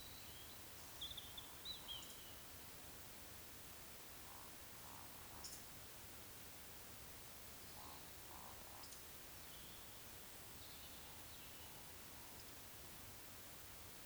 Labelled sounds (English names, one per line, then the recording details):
Eurasian Woodcock whistle
Eurasian Woodcock croak
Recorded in Baden-Württemberg, Germany, on 19 June 2020 at 19:47 UTC
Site 49006, 684 m above sea level